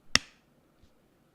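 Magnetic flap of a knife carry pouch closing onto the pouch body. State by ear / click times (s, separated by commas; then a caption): seated / 0.1 s. The magnetic flap of a leather carry pouch is closed over a LionSteel Barlow Slim knife, with a small magnet on either side pulling it down onto the pouch body. It shuts with a single sharp, bright snap at about 0.2 seconds, followed by a faint low thump near 0.8 seconds. The flap is seated and held shut.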